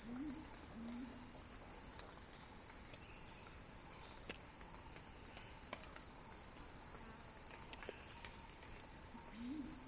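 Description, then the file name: Cicada song, a constant piercing drone, with brief low rising calls at the start and end and scattered clicks. Cicada song rising in a crescendo. "Axel-Drioli Cicada-Crescendo-Sounding-Wild"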